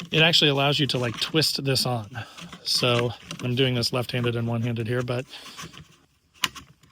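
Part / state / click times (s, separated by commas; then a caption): ducting fitting onto diesel heater outlet / seated / 6.4 s. A plastic duct fitting with small divots on its side is twisted on one-handed and left-handed onto the outlet of an LF Bros N2 Pro diesel heater while someone talks. After the talking stops, a sharp click at 6.4 s marks the fitting locking into place, and it is seated.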